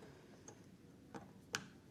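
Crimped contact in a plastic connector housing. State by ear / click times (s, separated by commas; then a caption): seated / 1.5 s. A crimped contact is pushed further into a plastic Anderson Powerpole connector housing with a screwdriver until the latch catches. After a few faint ticks, a small, sharp click at 1.5 seconds marks the contact seating in the housing.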